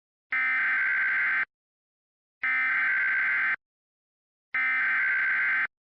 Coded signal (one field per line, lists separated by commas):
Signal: Emergency Alert System (SAME) tones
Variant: header bursts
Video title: EAS Scenario: Narvik Outbreak